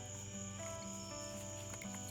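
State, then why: Not seated. A metal piston ring is started at one end in the ring groove of a small-engine piston from a Craftsman 38cc and walked around the piston by hand, handled gently because the ring is brittle and can snap if bent too much. Only faint handling sounds are heard over a steady tonal hum with a high whine. Nothing has seated or clicked yet.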